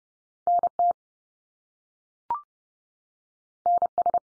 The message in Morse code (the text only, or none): NT NS